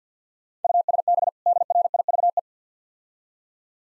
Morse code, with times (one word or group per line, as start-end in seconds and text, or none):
0.6-1.3 USB
1.5-2.4 DRIVE